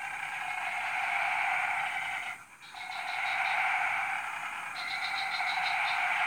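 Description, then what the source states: Dense frog chorus of overlapping croaks, a brief hush, then steady calling with a series of quick pulsed notes near the end. Frog chorus recorded at 03:00 on Tuesday 14 February 2017, Jalan Kolonel Sugiono No. 9, Kuala Kapuas, Central Kalimantan, Indonesia.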